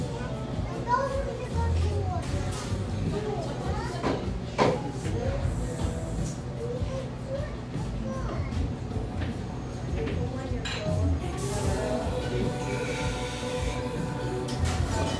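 A busy café in east Portland, filled with overlapping chatter from many voices, including some higher children's voices. The murmur stays dense and steady throughout, with brief clatters and knocks around four to five seconds and a bright hiss of activity near twelve seconds.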